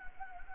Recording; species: mosquito wingbeat signal from an infrared sensor; Anopheles gambiae